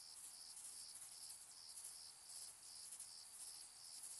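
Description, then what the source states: High-pitched cricket chirps repeat quickly and fairly evenly over a steady shrill wash of insect sound. Distant crickets in summer fields during evening and night; shrill, high-frequency, flat night ambience.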